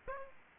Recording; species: mosquito wingbeat signal from an infrared sensor; Aedes aegypti